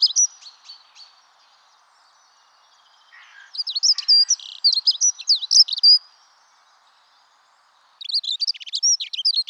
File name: Accenteur mouchet